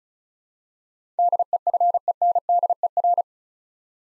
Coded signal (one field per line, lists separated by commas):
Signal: Morse code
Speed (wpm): 36 wpm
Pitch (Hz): 700 Hz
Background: none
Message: DEFENDER